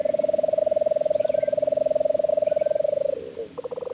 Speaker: Just after sunset, we'd hear the drawn-out trill of a lesser nighthawk.